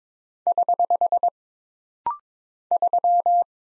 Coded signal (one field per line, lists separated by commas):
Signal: Morse code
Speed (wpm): 22 wpm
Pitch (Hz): 700 Hz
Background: none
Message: <HH> 3